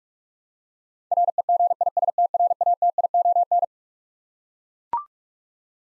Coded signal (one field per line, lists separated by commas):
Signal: Morse code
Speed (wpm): 41 wpm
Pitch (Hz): 700 Hz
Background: none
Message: REGISTRATION